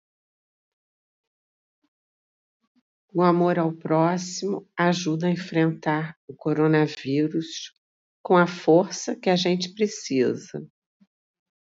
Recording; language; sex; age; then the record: spoken sentence; Brazilian Portuguese; female; 60 to 69 years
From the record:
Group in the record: control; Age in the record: 64 years